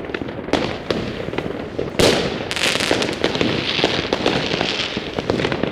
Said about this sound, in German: Es wird geschossen, es gibt keinen Morgen. Inversionswetterlage. Boah, das stinkt hier schon so kriminell. Hier geht's echt ab. Nebel. Feuerwerk. Wahnsinn.